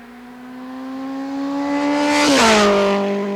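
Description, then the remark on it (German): A motorcycle, presumably stolen, flees a bank robbery in Kingston, Jamaica, heading northwest on Queen Street; its engine drones and revs, the buzzing tone climbing steadily in pitch and loudness, then dropping abruptly as it roars past and speeds away. No voices. “Täterin mit vermutlich gestohlenem Motorrad auf der Flucht.”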